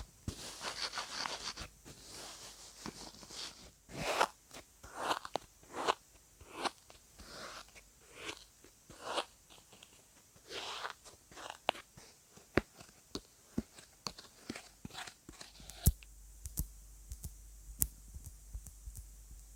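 Scratching and tapping triggers follow one another in quick, irregular bursts, each a crisp rustle or scrape lasting under a second. A brighter, hissy rubbing fills the first two seconds, and after about sixteen seconds the sounds thin out to sparse sharp taps and clicks.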